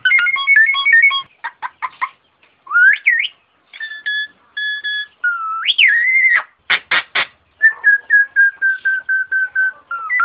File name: suara jalak nias